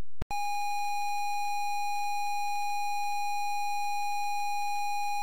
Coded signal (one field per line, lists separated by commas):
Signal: ZX Spectrum tape loading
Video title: ZX SPECTRUM Loading TotalRecall Ocean Software Ltd. 1991